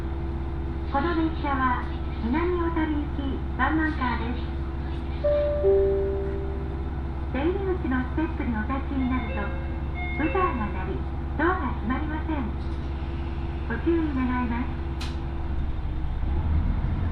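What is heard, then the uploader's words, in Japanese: Aboard the first Oito Line train leaving Itoigawa for Minami-Otari, a voice speaks in short phrases with pauses, over a steady low rumble. A brief steady tone sounds around six seconds, and a sharp click comes near fifteen seconds. 耳で楽しむ鉄道旅 大糸線 糸魚川→平岩。糸魚川を出る大糸線の始発列車で南小谷へと向かいます。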